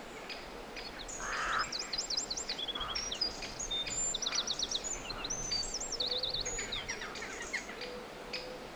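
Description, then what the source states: Bird song: busy chorus of high chirps, wavering trills and clipped whistles, several singers overlapping, with a faint low hum underneath. Forest birdsong.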